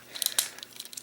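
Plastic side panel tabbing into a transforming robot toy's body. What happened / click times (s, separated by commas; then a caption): The plastic panel's tabs snapped into place / 0.3 s, 0.4 s. A plastic side panel on a Fansproject M3 transforming robot toy is pressed against the toy's body amid faint crinkly plastic rustling. Its tabs snap into place with two sharp clicks at 0.3 s and 0.4 s, followed by a few softer ticks. The panel ends up seated in the body.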